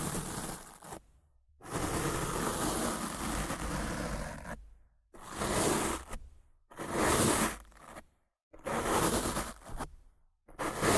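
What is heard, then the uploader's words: Rough scratching and brushing against a microphone comes in separate bursts of dense, grainy rubbing that run from a low rumble up to a bright hiss. The strokes vary in length, from under a second to about three, with short silences between them. Rough Mic Scratching & Brushing (No Talking).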